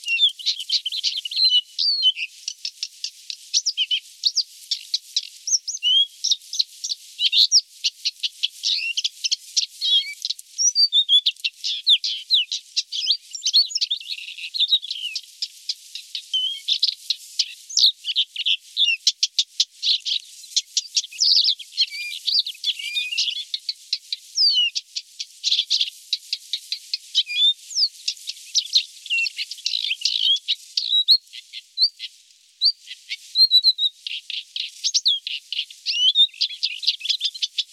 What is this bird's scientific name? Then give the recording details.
Acrocephalus dumetorum. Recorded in the wild. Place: Akzu Zhabagly Nationalpark, KZ. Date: 2000-05-12. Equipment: MiniDisc Sharp MT 20 H. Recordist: Schwarz, Dieter